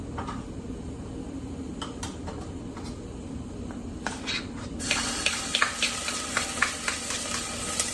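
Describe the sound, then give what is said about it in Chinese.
A low, steady cooking hiss runs until garlic is added to an already heated wok with a little oil partway through, setting off a loud, bright sizzle peppered with sharp, irregular crackles and pops. No one speaks. “咁咧，头先已经热噶啦个锅，所以我哋而家就已经可以落蒜头。”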